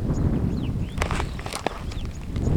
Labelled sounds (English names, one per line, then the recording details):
Superb Starling flight call
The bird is a female
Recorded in Kenya on 12 June 2010
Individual 85, of group SRB1